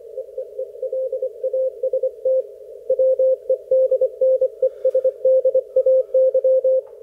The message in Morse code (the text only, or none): EEE LAST WEDNESDAY